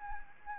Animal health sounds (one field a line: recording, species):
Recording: mosquito wingbeat signal from an infrared sensor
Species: Anopheles gambiae